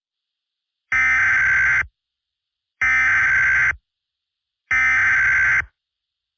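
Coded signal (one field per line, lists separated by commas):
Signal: Emergency Alert System (SAME) tones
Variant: header bursts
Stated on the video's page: Fictional EAS scenario, not a real alert.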